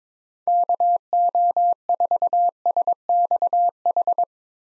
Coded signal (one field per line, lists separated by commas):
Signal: Morse code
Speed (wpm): 22 wpm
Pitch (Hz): 700 Hz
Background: none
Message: KO4SXH